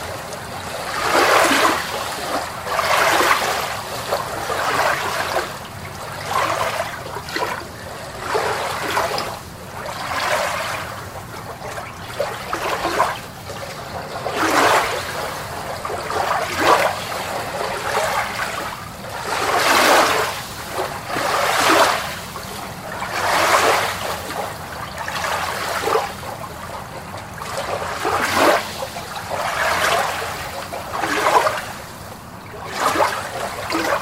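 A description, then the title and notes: Ocean water laps and splashes beneath a pier in a steady, gentle rhythm, with bright watery bursts arriving every second or two, some sharper around twenty and thirty seconds. Between them, swirling trickles and a low, soft rumble fill the gaps. Underneath the Pier: A Soothing Ocean Ambience. The calming sounds of the ocean waves rolling underneath the pier. Watching the waves crash against the wooden pillars.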